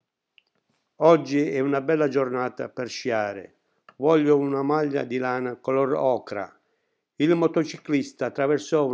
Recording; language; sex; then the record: read phrases; Italian; male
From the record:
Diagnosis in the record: healthy control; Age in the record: 68 years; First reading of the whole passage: 60 s, 8.7 characters per second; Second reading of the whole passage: 55 s, 9.3 characters per second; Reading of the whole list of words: 43 s, 6.5 characters per second